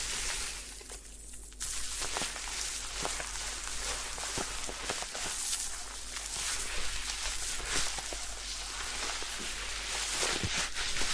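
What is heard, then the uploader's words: A head spa hair wash: a steady, bright hiss like running water or scrubbing fills the clip after a softer opening second and a half. Frequent small crackles and taps scatter irregularly over the wash, with no speech. Head Spa Hair Wash, Massage, Ear Cleaning.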